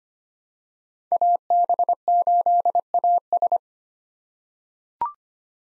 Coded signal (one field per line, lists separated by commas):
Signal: Morse code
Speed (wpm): 25 wpm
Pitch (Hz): 700 Hz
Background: none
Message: AB8AS